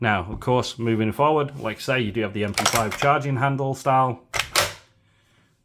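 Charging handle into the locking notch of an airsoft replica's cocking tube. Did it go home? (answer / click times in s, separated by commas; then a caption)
yes / 4.4 s. Someone talks about the MP5-style charging handle on an airsoft gas blowback replica. Then the handle is pulled back and locks into the notch of the cocking tube with a sharp click at 4.4 s, and it is seated.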